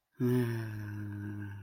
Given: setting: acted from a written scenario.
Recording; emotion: vocal sound without words; romantic love